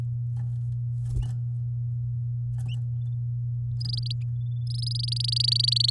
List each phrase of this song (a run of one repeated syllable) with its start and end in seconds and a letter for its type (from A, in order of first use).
3.80-4.12 A, 4.67-5.90 A